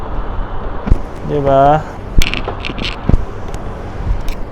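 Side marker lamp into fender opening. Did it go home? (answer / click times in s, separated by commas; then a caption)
yes / 2.2 s. On a 10th-generation Honda Civic, a side marker lamp housing fitted with clips is pushed into its opening in the fender. A sharp ratchet-like click at 2.2 s shows it locking into place, and someone talks briefly. The lamp is seated and locked.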